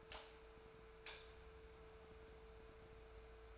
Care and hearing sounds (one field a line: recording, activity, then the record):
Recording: daily activity, microphone in the room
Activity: light on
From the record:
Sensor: 2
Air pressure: 1014.4 hPa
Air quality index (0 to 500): 172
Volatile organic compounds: 11 ppm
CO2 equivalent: 2269 ppm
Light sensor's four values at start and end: 26/64/27/30 and 25/65/27/30